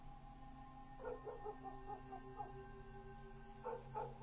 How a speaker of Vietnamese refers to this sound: Con chó mực đang nằm cuộn mình ở ngoài hiên, bất chợt đứng lên, chĩa ra bên ngoài sân mà sủa lên nhấm nhằng.